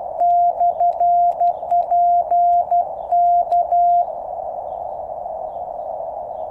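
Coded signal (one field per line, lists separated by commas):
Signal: Morse code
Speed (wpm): 12 wpm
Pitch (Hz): 700 Hz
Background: none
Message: /P K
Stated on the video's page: QRP CW from a QCX-mini on 3x18650 batteries, 10 m end-fed antenna with 1:64 balun on a 7 m fishing-pole mast, Moscow.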